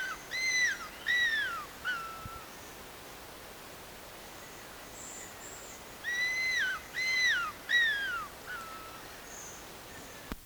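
Madagascar cuckoo-hawk uttering two series of three or four falling whistled notes separated by several seconds of quiet, with faint high chirps between.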